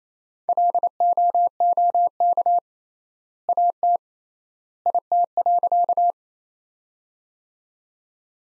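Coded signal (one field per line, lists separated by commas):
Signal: Morse code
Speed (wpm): 27 wpm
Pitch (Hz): 700 Hz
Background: none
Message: LOOK AT IT.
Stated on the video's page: Morse sentence practice at 28 wpm built from the top 100 words, sent with 3x standard word spacing, akin to Farnsworth.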